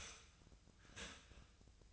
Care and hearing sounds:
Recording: daily activity, microphone in the room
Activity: start toaster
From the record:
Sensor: 2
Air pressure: 1009.1 hPa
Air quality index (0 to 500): 186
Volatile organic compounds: 11 ppm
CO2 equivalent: 2309 ppm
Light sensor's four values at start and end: 23/56/24/26 and 23/56/24/26

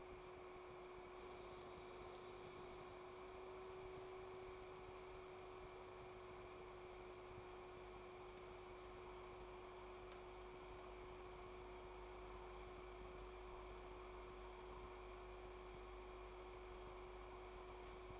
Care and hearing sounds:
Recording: daily activity, microphone in the room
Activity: make coffee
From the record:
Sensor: 1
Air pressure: 1014.8 hPa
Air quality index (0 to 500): 189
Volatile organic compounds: 26 ppm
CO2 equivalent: 2855 ppm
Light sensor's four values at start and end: 4/10/3/3 and 4/10/3/3

